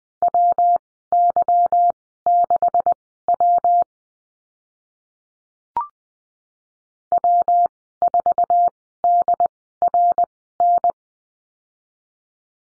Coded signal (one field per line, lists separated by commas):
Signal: Morse code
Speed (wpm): 19 wpm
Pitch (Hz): 700 Hz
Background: none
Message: WY6W W4DRN